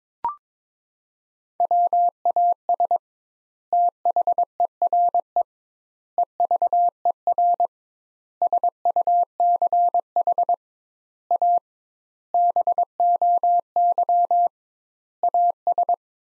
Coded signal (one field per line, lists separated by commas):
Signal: Morse code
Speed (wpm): 22 wpm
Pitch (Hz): 700 Hz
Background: none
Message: WAS THERE EVER SUCH A BOY AS